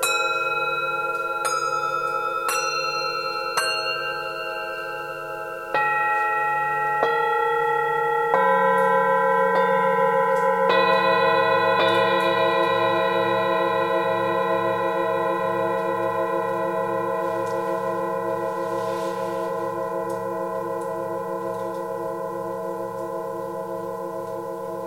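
Tibetan singing bowls ring in a cave, struck one after another in the first twelve seconds, each strike adding a bright ringing tone over a low hum. Afterward no new strikes come, and the layered tones sustain steadily with a slow pulsing beat until the end.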